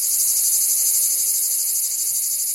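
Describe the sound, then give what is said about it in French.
Cicadas sing in a loud, unbroken, high-pitched buzz that pulses slightly throughout, with no voices or other sounds. “Commençons par les plus connues de nos régions méridionales, les cigales.”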